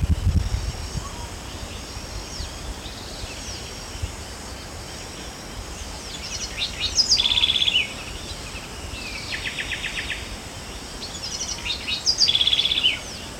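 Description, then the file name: House wren song: three short bursts of rapid buzzy trills with bubbly notes, about two and a half seconds apart, over a steady high insect-like hiss and faint chirps. "Troglodytes aedon - House Wren"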